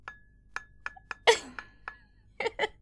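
Glasses of sparkling wine clink together in a toast: a series of bright, sharp taps with a thin ringing tone hanging between them, a louder clattering knock midway, then two quick closing clinks.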